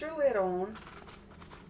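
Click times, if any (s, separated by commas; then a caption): none. Someone talks while setting a lid onto a small food chopper bowl and starting to turn it, followed by light plastic handling and rubbing sounds. The lid has not locked onto the bowl yet; nothing has seated or clicked by the end.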